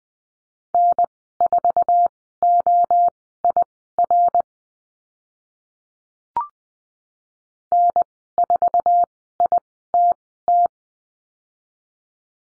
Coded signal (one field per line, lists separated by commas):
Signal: Morse code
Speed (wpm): 20 wpm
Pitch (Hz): 700 Hz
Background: none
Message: N4OIR N4ITT